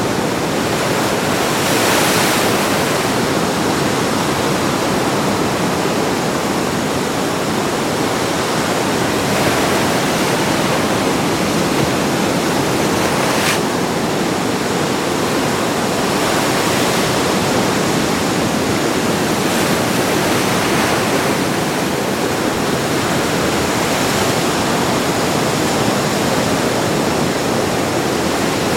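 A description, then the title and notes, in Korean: Ocean waves wash against rocks at high tide in a thick, unbroken roar that holds a steady level throughout. Brief brighter bursts of spray and hiss rise out of the wash every few seconds, near 2, 9, 13, 20 and 25 seconds. 비밀의 만에서의 높은 조수 | 바다 파도 소리. 콘월의 카이낸스 코브의 험난한 해안으로 탈출하여, 위대한 대서양이 그것의 겨울 교향곡을 드러냅니다. 이 녹음은 황량한 겨울 날의 바다의 원시적인 힘과 매혹적인 아름다움을 포착합니다. 고대 바위에 부딪히는 파도가.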